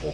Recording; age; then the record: pig call; piglet (1 to 25 days)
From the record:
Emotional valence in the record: positive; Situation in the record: after nursing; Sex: male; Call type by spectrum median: low-frequency call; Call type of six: low-frequency stable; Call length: 0.14 s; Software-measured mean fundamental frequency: 51 Hz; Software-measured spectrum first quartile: 255 Hz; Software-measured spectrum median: 465 Hz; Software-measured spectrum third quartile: 831 Hz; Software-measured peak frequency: 456 Hz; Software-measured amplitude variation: 115 dB a second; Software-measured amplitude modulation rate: 3.5 a second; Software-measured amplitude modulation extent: 32.8 dB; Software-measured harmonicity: 2.5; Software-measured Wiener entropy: -0.55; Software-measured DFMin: 939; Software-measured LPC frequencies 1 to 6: 511, 2571, 4060, 4971, 5605, 7298 Hz